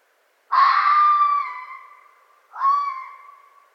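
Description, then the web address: Red fox calls: a loud harsh scream lasting about a second, then a second shorter rasping cry, both with strong harmonics fading out. Recorded 4 May 2011. "Red Fox 2011 05 04 Red Fox long"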